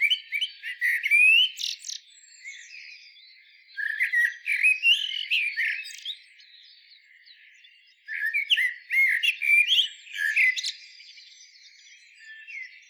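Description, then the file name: Eurasian blackbird song in three bursts about four seconds apart, each a rich warbled phrase running into scratchy, high-pitched twittering. "Turdus merula"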